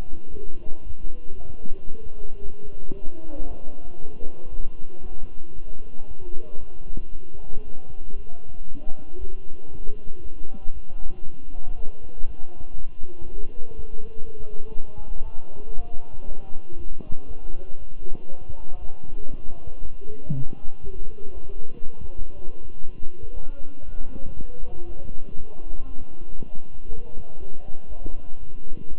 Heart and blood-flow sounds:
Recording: heart sounds by stethoscope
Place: between the tricuspid and mitral areas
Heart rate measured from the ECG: 118 bpm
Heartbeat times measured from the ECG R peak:
0.30 s: heartbeat
0.83 s: heartbeat
1.36 s: heartbeat
1.89 s: heartbeat
2.42 s: heartbeat
2.94 s: heartbeat
3.47 s: heartbeat
3.99 s: heartbeat
4.50 s: heartbeat
5.02 s: heartbeat
5.54 s: heartbeat
6.07 s: heartbeat
6.59 s: heartbeat
7.11 s: heartbeat
7.64 s: heartbeat
8.16 s: heartbeat
8.68 s: heartbeat
9.19 s: heartbeat
9.71 s: heartbeat
10.22 s: heartbeat
10.73 s: heartbeat
11.24 s: heartbeat
11.75 s: heartbeat
12.26 s: heartbeat
12.75 s: heartbeat
13.24 s: heartbeat
13.75 s: heartbeat
14.25 s: heartbeat
14.74 s: heartbeat
15.24 s: heartbeat
15.75 s: heartbeat
16.26 s: heartbeat
16.77 s: heartbeat
17.27 s: heartbeat
17.78 s: heartbeat
18.29 s: heartbeat
18.80 s: heartbeat
19.31 s: heartbeat
19.81 s: heartbeat
20.32 s: heartbeat
20.83 s: heartbeat
21.34 s: heartbeat
21.84 s: heartbeat
22.35 s: heartbeat
22.85 s: heartbeat
23.35 s: heartbeat
23.85 s: heartbeat
24.36 s: heartbeat
24.87 s: heartbeat
25.37 s: heartbeat
25.87 s: heartbeat
26.38 s: heartbeat
26.88 s: heartbeat
27.39 s: heartbeat
27.88 s: heartbeat
28.39 s: heartbeat
28.89 s: heartbeat
From the record:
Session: walking at 3.7 km/h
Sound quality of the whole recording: good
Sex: male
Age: 23 years

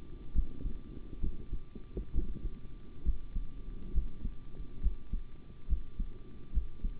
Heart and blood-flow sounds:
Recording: heart sounds by stethoscope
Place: between the tricuspid and mitral areas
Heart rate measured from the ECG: 68 bpm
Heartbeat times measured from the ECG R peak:
0.34 s: heartbeat
1.21 s: heartbeat
2.13 s: heartbeat
3.04 s: heartbeat
3.92 s: heartbeat
4.81 s: heartbeat
5.67 s: heartbeat
6.52 s: heartbeat
From the record:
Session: rest, sitting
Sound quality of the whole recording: good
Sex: male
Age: 25 years

